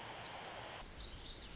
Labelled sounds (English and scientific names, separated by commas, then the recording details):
Pacific Wren (Troglodytes pacificus)
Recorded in Sonoma County, California